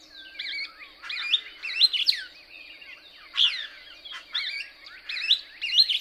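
Couch's Kingbird song, fast squeaky twitters and rising-falling slurred notes in clustered bursts, over a steady high-pitched whine.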